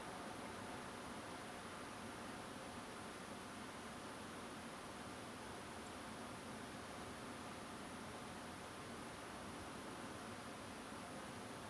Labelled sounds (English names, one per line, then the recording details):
Song Thrush
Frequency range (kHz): Song Thrush 7.3-9.1 kHz
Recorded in France